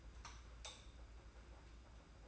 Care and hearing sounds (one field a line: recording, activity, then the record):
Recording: daily activity, microphone in the room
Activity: light off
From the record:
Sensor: 2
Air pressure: 991.8 hPa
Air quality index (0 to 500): 227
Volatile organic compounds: 1000 ppm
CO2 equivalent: 7607 ppm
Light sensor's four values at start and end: 15/39/15/15 and 11/27/11/11